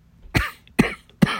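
Three sharp, explosive coughs in quick succession from an adult man with COVID: a repetitive cough.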